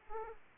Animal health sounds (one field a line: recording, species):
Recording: mosquito wingbeat signal from an infrared sensor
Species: Aedes aegypti